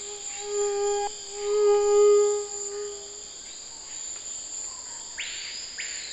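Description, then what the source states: Mosquito whining in a steady, reedy drone with rich overtones for about three seconds, swelling twice, then a brief rushing noise later over a steady high tone. Recorded 17 November 2006 on the Chemin des grands arbres trail, Saül, French Guiana, with a Nagra LB and cardioid MKH40 microphone; described as a tropical mosquito.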